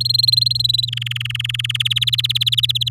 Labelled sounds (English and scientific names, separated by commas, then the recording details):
Domestic Canary (Serinus canaria) song
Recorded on 6 May 2018 at 09:21
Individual llb16